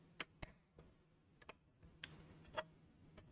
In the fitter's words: that's quite a satisfying click as it goes in. There we go.